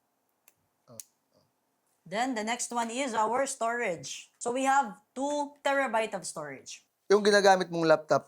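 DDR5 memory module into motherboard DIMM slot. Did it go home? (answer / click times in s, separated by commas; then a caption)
yes / 0.5 s, 1.0 s. A DDR5 RAM stick is pushed into a motherboard DIMM slot, and its latch clicks at 0.5 s and again at 1.0 s, meaning the module is fitted. Someone then talks.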